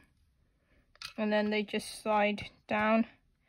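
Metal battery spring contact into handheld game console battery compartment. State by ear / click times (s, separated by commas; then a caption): not seated / none. A metal battery spring contact is handled at its slot in the plastic shell of a handheld game console's battery compartment, after the retaining peg was bent back out with a screwdriver so the contact can slide down. Brief faint taps come at about 1.0 s while someone talks. Nothing has seated or clicked yet by the end of the clip.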